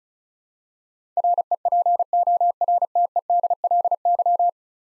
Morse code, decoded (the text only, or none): REPORTEDLY